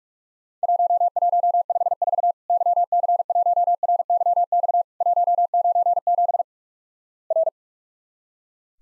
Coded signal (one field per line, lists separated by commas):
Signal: Morse code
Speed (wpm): 44 wpm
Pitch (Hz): 700 Hz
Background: none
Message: 1154 YC1RYX 197 R